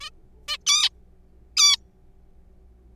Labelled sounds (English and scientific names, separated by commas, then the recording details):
Zebra Finch (Taeniopygia guttata)
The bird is a juvenile
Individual R3428